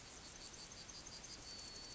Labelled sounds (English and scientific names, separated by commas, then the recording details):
Yellowhammer (Emberiza citrinella) song
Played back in forest
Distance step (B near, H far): H
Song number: 134